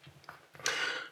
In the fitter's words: press in wait for the click you know that it's now ready to fire